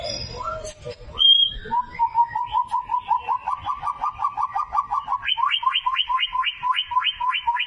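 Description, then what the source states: White-rumped shama giving a fast repeated series of short whistled notes, then shifting to paired higher and lower notes in a steady rhythm. Lure recording of a white-rumped shama in full song (gacor), meant to provoke an immediate response.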